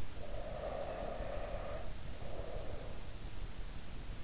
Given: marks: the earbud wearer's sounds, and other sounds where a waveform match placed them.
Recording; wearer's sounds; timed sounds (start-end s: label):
sounds in sleep by an in-ear microphone; breath
0.08-3.11 s: breath